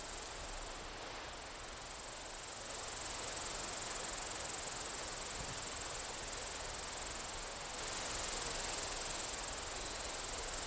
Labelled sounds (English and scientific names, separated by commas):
Water-meadow Grasshopper (Chorthippus montanus) stridulation